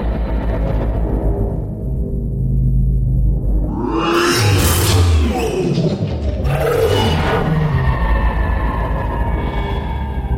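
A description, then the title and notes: A ship's warp drive hums low, then surges into a bright rushing roar near four seconds, settles, and surges again around six and a half. Ship Warp SFX. I made my own sound FX for a ship going to Warp then winding down out of it then jumping to warp again then disengaging the Warp Drive.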